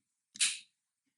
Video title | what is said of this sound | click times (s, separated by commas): PB2500N Neobolt Tool - Set Up & Maintenance | once bottomed out rotate counterclockwise until the collet locks into place on the pulling head assembly | 0.4 s